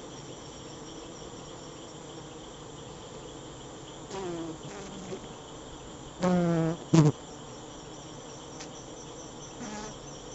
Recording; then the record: honeybee defence experiment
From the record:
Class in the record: attack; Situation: Africanized honeybees under attack by Camponotus atriceps ants